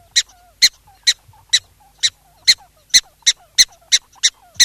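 Black-tailed prairie dog repeating piercing, clipped barks, several in under five seconds, quickening toward the end, faint twitters between them.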